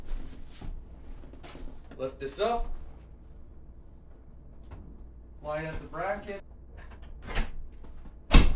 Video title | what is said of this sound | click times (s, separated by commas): Yaheetech Recliner Chair PU Leather Recliner Sofa Home Theater Seating with Lumbar | you'll hear a click pulled up and it shouldn't come off | 8.3 s